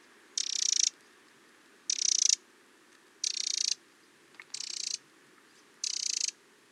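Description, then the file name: Eurasian wren calling with five scratchy, buzzing rattles, each about half a second long and separated by short pauses. "Troglodytes troglodytes"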